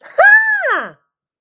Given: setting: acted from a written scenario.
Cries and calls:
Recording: vocal sound without words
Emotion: positive surprise

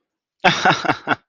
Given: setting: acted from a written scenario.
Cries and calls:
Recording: vocal sound without words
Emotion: amusement

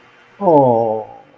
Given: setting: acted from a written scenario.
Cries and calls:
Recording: vocal sound without words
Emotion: adoration

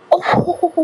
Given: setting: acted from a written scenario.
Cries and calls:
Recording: vocal sound without words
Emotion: triumph

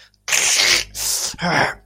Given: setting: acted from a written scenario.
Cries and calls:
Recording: vocal sound without words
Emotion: disgust

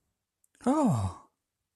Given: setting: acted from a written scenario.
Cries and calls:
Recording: vocal sound without words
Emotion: positive surprise

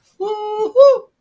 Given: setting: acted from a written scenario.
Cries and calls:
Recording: vocal sound without words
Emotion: pride

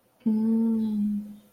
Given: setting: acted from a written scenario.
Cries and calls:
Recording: vocal sound without words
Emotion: desire

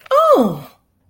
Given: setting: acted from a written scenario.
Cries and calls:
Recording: vocal sound without words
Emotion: positive surprise

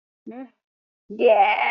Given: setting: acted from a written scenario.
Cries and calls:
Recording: vocal sound without words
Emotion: pride

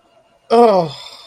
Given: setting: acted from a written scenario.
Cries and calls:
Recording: vocal sound without words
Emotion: anger

